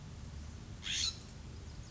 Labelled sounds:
California Scrub-Jay (Aphelocoma californica)
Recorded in Sonoma County, California

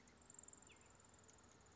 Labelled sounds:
Grasshopper Sparrow (Ammodramus savannarum)
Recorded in Sonoma County, California

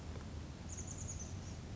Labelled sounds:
Chestnut-backed Chickadee (Poecile rufescens)
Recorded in Sonoma County, California

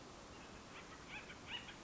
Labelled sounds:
Acorn Woodpecker (Melanerpes formicivorus)
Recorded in Sonoma County, California

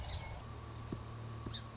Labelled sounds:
Song Sparrow (Melospiza melodia)
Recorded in Sonoma County, California

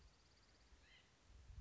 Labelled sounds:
White-breasted Nuthatch (Sitta carolinensis)
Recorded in Sonoma County, California

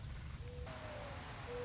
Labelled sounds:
Mourning Dove (Zenaida macroura)
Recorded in Sonoma County, California

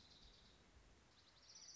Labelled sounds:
Orange-crowned Warbler (Leiothlypis celata)
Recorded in Sonoma County, California

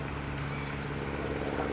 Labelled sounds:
California Towhee (Melozone crissalis)
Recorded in Sonoma County, California

